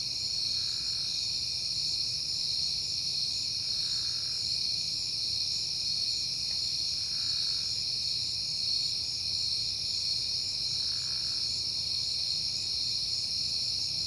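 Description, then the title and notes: Crickets chirping in a constant high chorus; a soft, lower note sounds briefly a few times beneath it. Recorded at night in September on a peaceful night. "Night Time: Crickets and Passing Cars. It is September and I have been hearing the crickets a lot, but finally had a peaceful night to make the recording"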